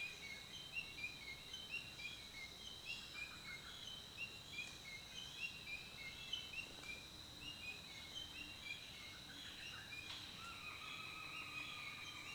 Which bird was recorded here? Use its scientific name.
Fraseria griseigularis